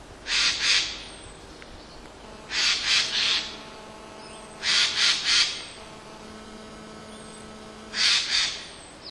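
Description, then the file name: Eurasian magpie chattering in four harsh, rattling bursts of two or three notes each, separated by short pauses. "straka obecna"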